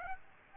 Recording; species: mosquito wingbeat signal from an infrared sensor; Aedes aegypti